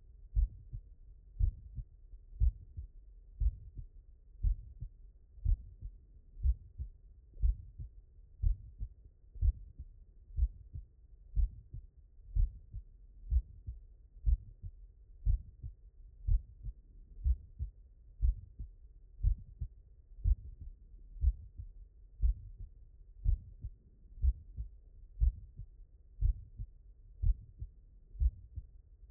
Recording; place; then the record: heart sounds by stethoscope; mitral valve (MV)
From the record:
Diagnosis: non-HFrEF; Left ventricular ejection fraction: 76%